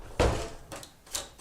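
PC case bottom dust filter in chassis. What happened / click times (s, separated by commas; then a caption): The filter latch released and the filter came away / 0.2 s. The push-to-release latch of the bottom dust filter on a Phanteks Enthoo Mini XL PC case clicks at 0.2 s, a sharp, full-range thunk on a retried release. Fainter clatters follow around 0.7 s and 1.2 s. The latch releases and the filter comes away from the chassis.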